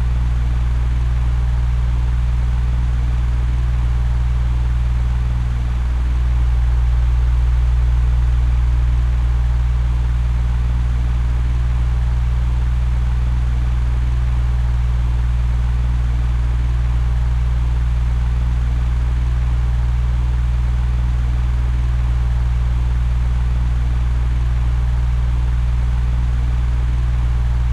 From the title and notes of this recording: Window Fan: Gentle White Noise. The gentle hum and rhythmic whirring of the fan blades create a comforting and calming sound. The soothing sound of a window fan.